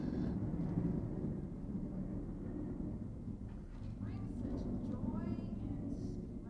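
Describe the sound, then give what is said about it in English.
A jet aircraft roars overhead, a steady, heavy low rumble that fills the whole stretch without fading, while faint voices murmur underneath. “Wait a second. Jet's going by.”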